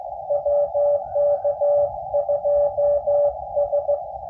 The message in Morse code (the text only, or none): WK2S